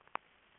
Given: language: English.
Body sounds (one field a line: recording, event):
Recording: throat vibration sensor signal played as sound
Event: swallow